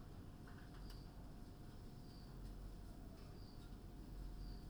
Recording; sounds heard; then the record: poultry house recording; no chicken sound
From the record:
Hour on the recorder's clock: 21